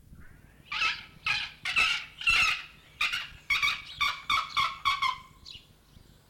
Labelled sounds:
Pallas's Fish Eagle (Haliaeetus leucoryphus)
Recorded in captivity
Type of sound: call, call sequence, cry
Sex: pair
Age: adult
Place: Zoo Berlin, Berlin, DE
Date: 1994-02-12 10:44
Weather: bedeckt, leichter Schneefall, um 0°C
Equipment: Marantz CP 430, Sennheiser MKH 416 T, Kopie Uher Variocord 263
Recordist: Tembrock, Günter
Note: Männchen und Weibchen rufend

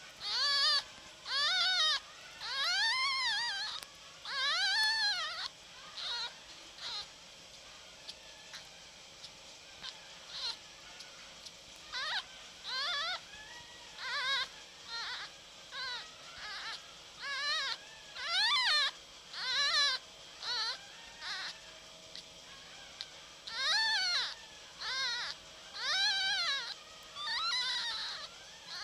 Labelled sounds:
Red Fox (Vulpes vulpes)
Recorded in captivity
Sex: female
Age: juvenile
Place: Zoologisches Institut der HUB, Berlin, DE
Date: 1956-04-01 13:00
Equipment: Elmetra
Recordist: Tembrock, Günter
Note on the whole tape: Zenzi-Welpen (Weibchen 1): Quärren

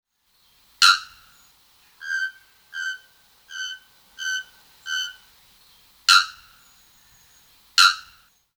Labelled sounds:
Bare-throated Bellbird (Procnias nudicollis)
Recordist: Tembrock, Günter
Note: Lautfolgen

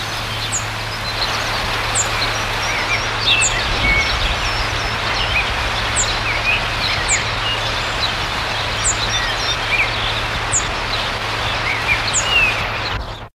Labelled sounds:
European Robin (Erithacus rubecula) call
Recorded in the wild
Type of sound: call
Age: adult
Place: Verne, Franche-Comté, FR
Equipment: Halbspur, 9,5 cm/s
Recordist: Lütgens, Hans
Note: Kurzruf eines Erwachsenen

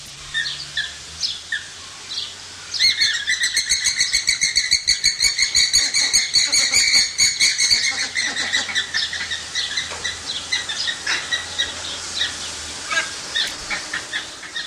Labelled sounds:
James's Flamingo (Phoenicoparrus jamesi) call
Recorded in captivity
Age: adult
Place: Zoo Berlin, Berlin, DE
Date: 1987-07-02 11:25
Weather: sunny, 20°C
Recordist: Tembrock, Günter

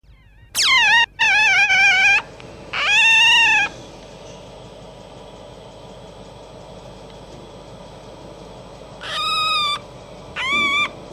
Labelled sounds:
Red Fox (Vulpes vulpes)
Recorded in captivity
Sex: female
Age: juvenile
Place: Zoologisches Institut der HUB, Berlin, DE
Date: 1956-05-02 13:15
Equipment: Elmetra
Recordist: Tembrock, Günter
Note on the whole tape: Molly-Welpen. Weibchen: Quärren mit Crescendo und abgesetzt (im Raum)

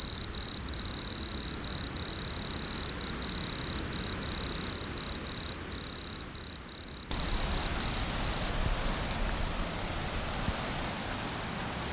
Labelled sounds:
Wood Cricket (Nemobius sylvestris) stridulation
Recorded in the wild
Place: Gößweinstein, Fränkische Schweiz, Bayern, DE
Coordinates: 49.72, 11.07
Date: 1995-09-04 15:35
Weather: bedeckt, z.T. Regen, ca. 16°C
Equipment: Nagra SN, Sennheiser ME 80, Kopie Uher 4000 Report Monitor
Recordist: Tembrock, Günter

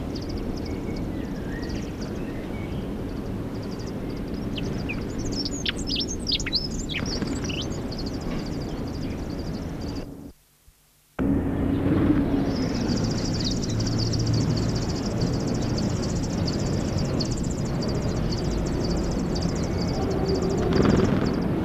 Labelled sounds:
Dunnock (Prunella modularis) call
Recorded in the wild
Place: Zoo Hannover, Niedersachsen, DE
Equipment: Halbspur, 9,5 cm/s
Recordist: Lütgens, Hans

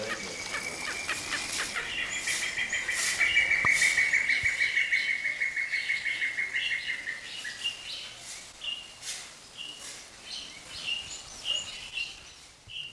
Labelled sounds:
Spotted Thick-knee (Burhinus capensis) call, Golden-breasted Starling (Lamprotornis regius)
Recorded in captivity
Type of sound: call sequence
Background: Vanellus coronatu, Lamprotornis regius
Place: Zoo Berlin, Berlin, DE
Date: 1992-05-09 10:56
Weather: wolkig, 11-14°C
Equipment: Nagra SN, Mikrofon AKG CK 8, Kopie Tesla B 116
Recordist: Tembrock, Günter
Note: Rufreihe

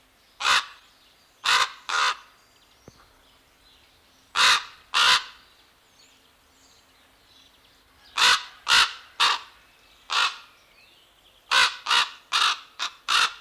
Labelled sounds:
Common Raven (Corvus corax) call
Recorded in captivity
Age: adult
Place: Zoo Berlin, Berlin, DE
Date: 1997-12-30
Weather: fair, 3°C
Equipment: Marantz CP 130, Sony F-V9, Kopie Uher 4000 Report Monitor
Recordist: Tembrock, Günter

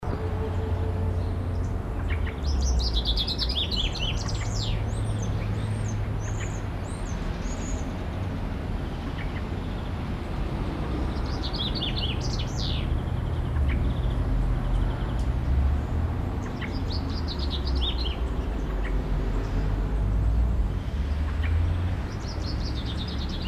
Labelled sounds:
Common Chaffinch (Fringilla coelebs) song
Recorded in the wild
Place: Oberstdorf, DE
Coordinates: 47.4103, 10.2797
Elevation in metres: 809
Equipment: Uher 4000 Report
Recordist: Tretzel, Erwin

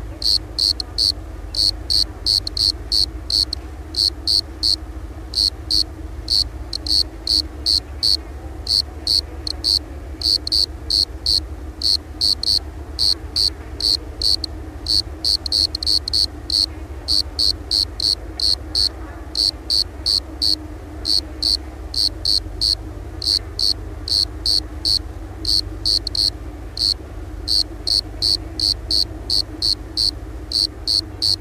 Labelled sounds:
Bordeaux Cricket (Eumodicogryllus bordigalensis) stridulation
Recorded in the wild
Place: Brazo de la Torre, ES
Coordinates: 37.0958, -6.18
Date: 1971-03-22
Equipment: Uher Report 4200, AKG D190C in Doppel-Parabolreflektor
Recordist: Krey, Winfried

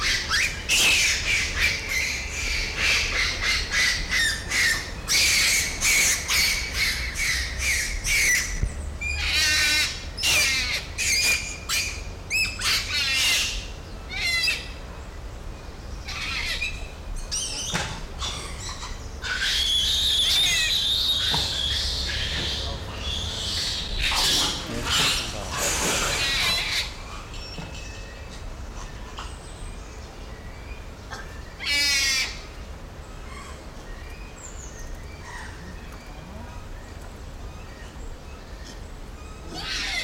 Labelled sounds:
Japanese Macaque (Macaca fuscata) call
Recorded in captivity
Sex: diverse
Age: diverse
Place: Zoo Berlin, Berlin, DE
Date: 1995-09-14 18:18
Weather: leicht bewölkt, 16°C
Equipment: Sony WM-D6C, Sennheiser ME 80, Kopie Uher 4000 Report Monitor
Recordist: Tembrock, Günter

